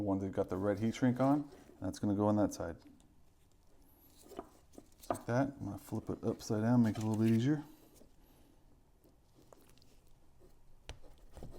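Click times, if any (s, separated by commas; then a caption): none. Someone talks while handling the positive lead, marked with red heat shrink, on a Traxxas Sledge being upgraded with a HobbyWing MAX8, flipping the assembly upside down to push its 6.5 mm bullet connector into the ESC/motor terminal. Between the talking, faint handling taps and light scrapes are heard. The clip ends before the connector goes home, so nothing has seated yet.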